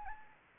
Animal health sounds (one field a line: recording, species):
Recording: mosquito wingbeat signal from an infrared sensor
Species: Anopheles gambiae